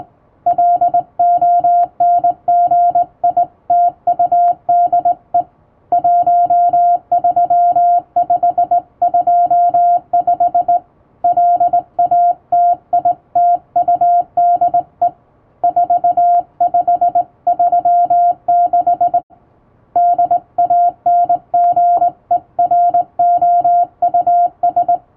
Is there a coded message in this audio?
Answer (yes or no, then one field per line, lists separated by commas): yes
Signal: Morse code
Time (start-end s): 0.5-25.0 s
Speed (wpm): 20 wpm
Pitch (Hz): 700 Hz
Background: music, radio noise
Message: LONGITUDE 13525 LATITUDE 4536 DANGEROUS